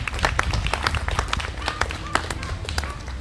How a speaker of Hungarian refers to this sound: Hát részben meg is szólítottam, és egy tapsot megérdemel,